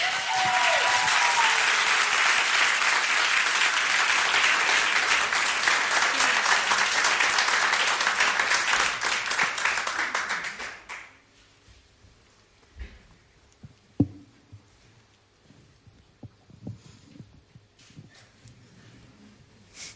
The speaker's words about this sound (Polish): Także wielkie brawa, zapraszam